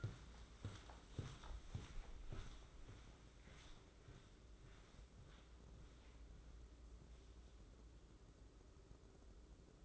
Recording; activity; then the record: daily activity, microphone in the room; walk to room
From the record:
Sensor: 3